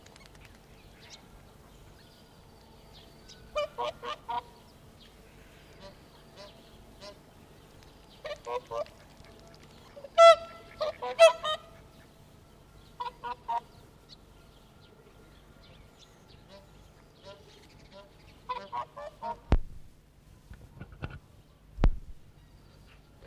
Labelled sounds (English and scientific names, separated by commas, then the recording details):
Whooper Swan (Cygnus cygnus) call
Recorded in captivity
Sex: pair
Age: adult
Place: Tierpark Berlin, Berlin, DE
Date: 1981-04-18 11:58
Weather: sunny, 1-6°C
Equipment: Nagra SN, Kopie Uher 4200
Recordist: Tembrock, Günter
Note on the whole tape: Laute im Paar, Abstand: ca. 10 m